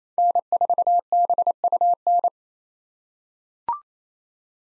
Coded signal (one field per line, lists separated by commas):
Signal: Morse code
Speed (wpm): 28 wpm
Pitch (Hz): 700 Hz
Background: none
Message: N4BUN